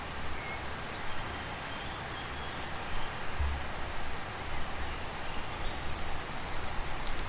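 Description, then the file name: Great tit: two quick series of several sharp, high notes, about five seconds apart, with a low rumble behind. "Parus major"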